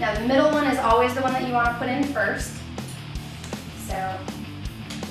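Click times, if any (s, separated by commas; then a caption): none. A snap clip sewn into a human-hair fringe piece is handled and positioned in the wearer's hair while someone talks over background music. A few short, faint taps come through, but the clip has not yet been pressed down and nothing has snapped shut or clicked yet.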